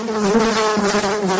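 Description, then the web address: Horse fly buzzing, a steady low droning hum with rich overtones that wavers slightly in pitch throughout. "mouches cheval"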